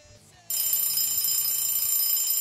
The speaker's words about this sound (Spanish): Suena el despertador y vuelvo a la rutina diaria.